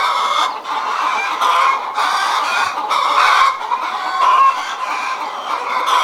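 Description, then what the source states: Chickens cackling and squawking continuously, a dense chorus of harsh overlapping calls with louder pulses. Several chickens, described as hysterical.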